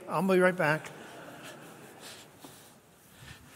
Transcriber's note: laughs